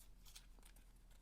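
A short, bright pop at 0.4 s sounds like a snap fastener being pulled open.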